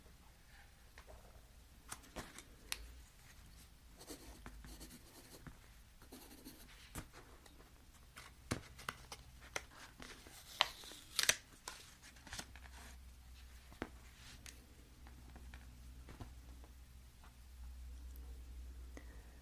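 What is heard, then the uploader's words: Cash is being sorted and counted, heard as frequent short papery flicks and rustles scattered through the clip. A brighter cluster of crisp snaps comes around ten to eleven seconds, while a low steady hum runs underneath and swells near the end. Cash sorting, counting, spreading.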